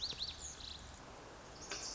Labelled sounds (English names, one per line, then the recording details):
Lazuli Bunting
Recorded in Sonoma County, California